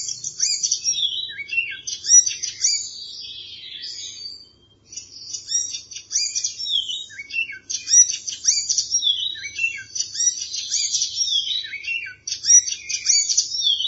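Bird calls: dense, high chirps and twittering phrases run almost without pause, several sharp notes a second, with a faint low hum beneath.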